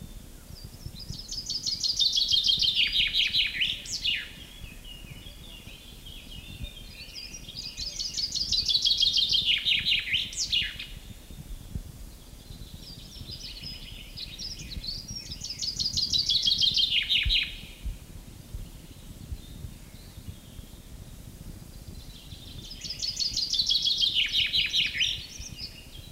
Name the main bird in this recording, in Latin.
Fringilla coelebs